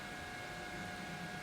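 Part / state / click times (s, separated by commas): printed mech hand into left arm / not seated / none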